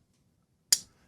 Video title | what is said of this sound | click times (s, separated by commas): Unboxing the Tuya Knives Wrath knife.. a cool Dave Warren design! | Definitely strong detent on that thing right so let's go ahead and click that in here you can hear it | 0.7 s